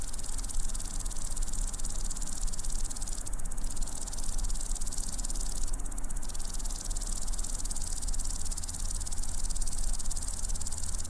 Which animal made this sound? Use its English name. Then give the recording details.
Common Green Grasshopper. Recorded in the wild. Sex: male. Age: imago. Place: Ose, Setesdal, NO. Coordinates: 58.9436, 7.69222. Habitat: meadow. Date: 1992-08-08 17:50. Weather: sunny, 22°C. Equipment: Sony WM-D6C, Sennheiser ME 80, K 30 AV. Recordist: Frommolt, Karl-Heinz